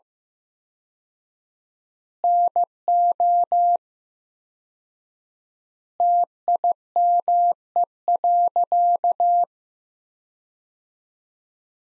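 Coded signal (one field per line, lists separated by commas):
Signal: Morse code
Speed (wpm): 15 wpm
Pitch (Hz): 700 Hz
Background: none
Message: NO TIME.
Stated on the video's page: Morse practice at 15 wpm, sentences from top 100 words sent with 4x word spacing, a Farnsworth-like method for head-copying.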